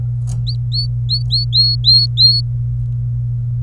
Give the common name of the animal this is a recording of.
Domestic Canary